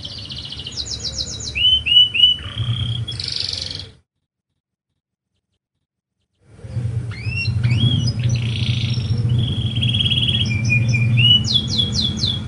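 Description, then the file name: Lancashire canary singing fast rattled trills, descending whistles and a buzzy note, falling silent briefly, then resuming with slurred whistles and quick repeated notes over a low hum. "kenari lancashire"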